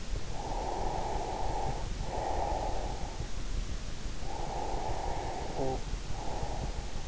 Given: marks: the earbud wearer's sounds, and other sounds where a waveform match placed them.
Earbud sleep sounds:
sounds in sleep by an in-ear microphone; breath
0.19-2.99 s: breath
3.96-7.08 s: breath

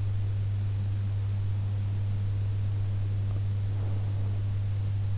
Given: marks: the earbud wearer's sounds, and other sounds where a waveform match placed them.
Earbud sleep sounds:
sounds in sleep by an in-ear microphone; breath
3.57-4.46 s: breath

